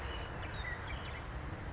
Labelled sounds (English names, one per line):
Western Meadowlark